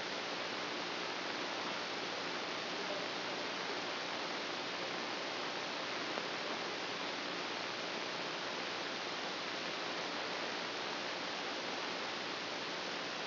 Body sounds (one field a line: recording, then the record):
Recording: brain microelectrode recording played as sound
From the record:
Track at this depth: inside the subthalamic nucleus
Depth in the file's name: 0.139 mm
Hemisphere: right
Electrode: 2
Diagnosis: Parkinson's disease